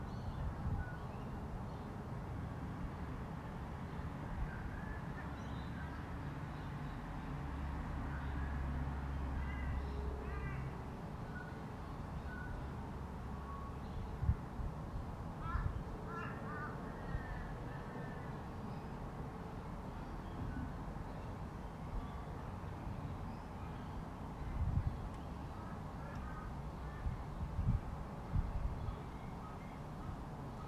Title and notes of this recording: Quiet residential noise. Quiet neighbourhood. Sunny day with gentle gusts of wind. Regular traffic nearby, with the odd car driving past. Soft distant noise of construction randomly. Birds chirping.